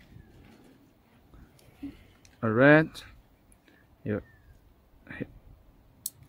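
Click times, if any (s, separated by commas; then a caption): 6.1 s. The red locking tab on a wiring harness plug at the electric tailgate control box of a Toyota Land Cruiser 300 is pushed back into place while someone talks. A sharp plastic click at 6.1 s confirms the connector position lock has seated into the control module.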